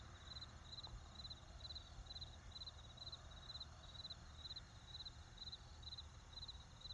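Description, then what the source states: Crickets chirping in steady short pulsed bursts, about two per second, over a low rumble of traffic. Crickets with distant traffic.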